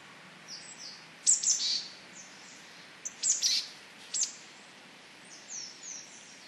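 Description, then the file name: Marsh tit calls: short, thin, high chipping notes in small clusters a second or two apart, quiet over a steady soft hiss. Recorded in Asahikawa on 21 October 2011. "butogara asahikawa mju"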